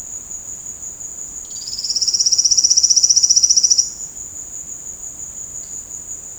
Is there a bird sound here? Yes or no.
no